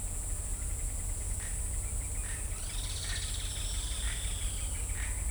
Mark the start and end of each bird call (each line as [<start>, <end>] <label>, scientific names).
[0.00, 5.30] Dendroplex picus
[1.37, 5.16] Ramphastos sulfuratus